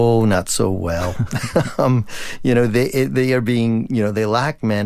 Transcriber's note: laughter